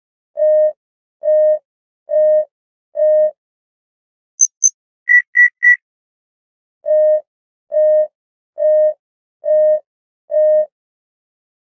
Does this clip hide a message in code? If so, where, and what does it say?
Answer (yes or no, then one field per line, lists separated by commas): no